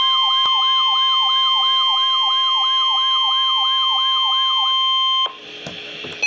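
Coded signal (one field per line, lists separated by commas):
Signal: Emergency Alert System (SAME) tones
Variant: 1050 Hz attention tone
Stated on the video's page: Severe Thunderstorm Warning received from NOAA Weather Radio transmitter in Milwaukee.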